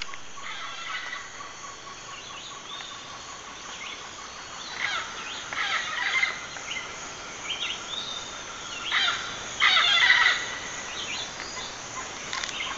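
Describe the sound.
Bird uttering scratchy, chattering calls in irregular bouts over a constant background hiss.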